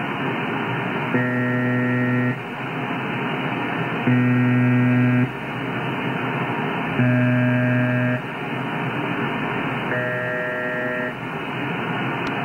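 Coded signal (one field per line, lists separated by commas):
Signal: channel marker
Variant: UVB-76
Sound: four harsh low buzzes, each about a second long, three seconds apart, over static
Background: radio static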